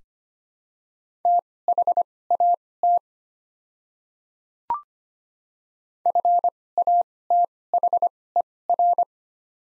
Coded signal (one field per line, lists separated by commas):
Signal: Morse code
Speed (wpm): 25 wpm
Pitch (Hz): 700 Hz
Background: none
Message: THAT FATHER